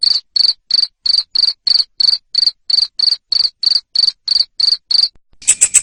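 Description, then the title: Cricket chirping in regular high pulses about three per second, then a different, buzzier pulsing sound briefly at the end. Loud 'ngerik' cricket sound played to stimulate lovebirds to keep singing ('ngekek'). "Suara JANGKRIK NGERIK Keras Bikin LOVEBIRD Jadi NGEKEK Terus Vubey"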